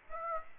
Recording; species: mosquito wingbeat signal from an infrared sensor; Aedes aegypti